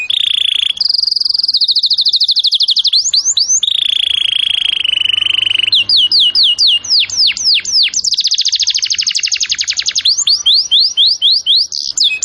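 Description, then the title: Canary song: long sustained rolling trills at steady pitch, broken by bursts of quick swooping whistles, changing tone several times over twelve seconds. Canary in luxury (mewah) cengkok song style; a master (masteran) recording. "Cengkok Kenari Mewah. MASTERAN KENARI CENGKOK mewah"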